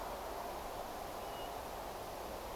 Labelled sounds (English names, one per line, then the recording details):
European Golden Plover
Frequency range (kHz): European Golden Plover 2.6-3.1 kHz
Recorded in France